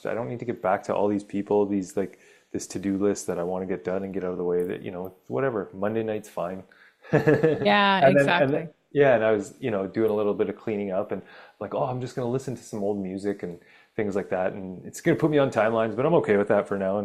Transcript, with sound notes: I don't need to get back to all these people, these like, this to-do list that I want to get done and get out of the way that, you know, whatever. Monday night's fine. (laughs)
Yeah, exactly.
You know? And then, and then, yeah, and I was, you know, doing a little bit of cleaning up and like, "Oh, I'm just gonna listen to some old music," and things like that, and it's gonna put me on timelines, but I'm okay with that for now.